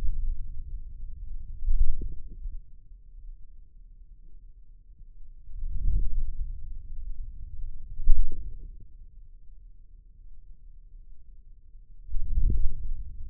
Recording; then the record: forearm muscle sounds (acoustic myography)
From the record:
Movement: wrist flexion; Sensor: system 2, bracelet of six BSWA MPA416 microphones around the upper forearm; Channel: 4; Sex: male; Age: 22 years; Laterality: right